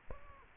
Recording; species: mosquito wingbeat signal from an infrared sensor; Aedes aegypti